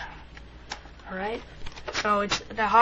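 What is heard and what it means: The plastic hop-up access trap door on an Echo 1 E90 ETW airsoft rifle is pushed closed into the receiver after the hop-up wheel is adjusted, giving sharp clicks at 0.4 s and 0.7 s as it snaps shut and seats. Someone talks afterward.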